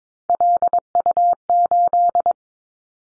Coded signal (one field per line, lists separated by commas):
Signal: Morse code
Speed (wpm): 22 wpm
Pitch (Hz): 700 Hz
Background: none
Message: LU8